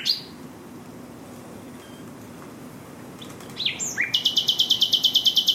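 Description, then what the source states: Common Nightingale song: a brief high note, a quiet gap, then swooping notes leading into a fast, loud, evenly repeated trill to the end. Recorded live at Fingringhoe Wick.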